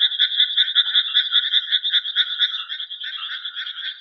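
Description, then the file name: Frog croaking in a rapid, rattling series of short pulses, steady and continuous throughout, with a buzzy, grating tone. "カエルの鳴き声"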